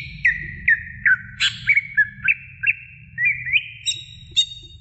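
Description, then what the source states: Oriental magpie-robin giving spaced whistled notes, mostly short upward flicks, with one harsh scratchy note early and a few higher chirps near the end; low hum underneath. Long-duration chirping song of the Oriental magpie-robin.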